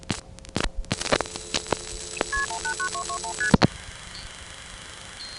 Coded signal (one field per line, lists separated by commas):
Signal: multi-frequency trunk signalling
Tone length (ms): 90 ms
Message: KP189221ST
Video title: Dialing the "1xx" Codes from Greenville NC Coin Phones part 2, 1978;1980